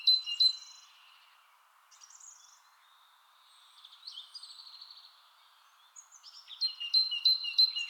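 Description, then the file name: Great tit calls, scattered high notes and soft phrases, ending in a rapid series of sharp repeated two-note calls over a faint hum. "Parus major"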